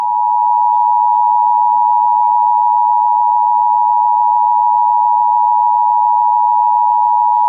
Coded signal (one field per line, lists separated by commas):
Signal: Emergency Alert System (SAME) tones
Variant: 853 and 960 Hz attention tone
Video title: eas alram usa part 3